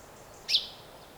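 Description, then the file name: Common chaffinch call: one short, sharp high note fading quickly, with a quiet hiss in the background. "Fringilla coelebs"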